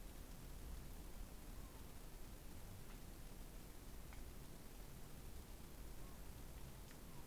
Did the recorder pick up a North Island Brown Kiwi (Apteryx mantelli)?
no